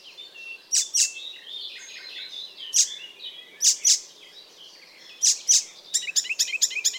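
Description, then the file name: Icterine warbler delivering a varied song of loud sharp notes and chattering phrases, finishing with a quick run of rapid repeated notes. "Ruud van Beusekom - Zelenaya peresmeshka Hippolais icterina"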